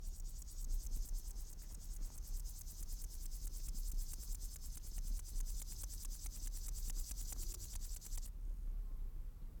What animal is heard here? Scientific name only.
Chorthippus apricarius